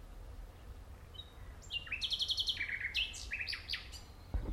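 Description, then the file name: Common nightingale song phrase opening with faint thin whistles, then a fast repeated rattle and varied sharp notes, over a low background rumble. "Luscinia megarhynchos"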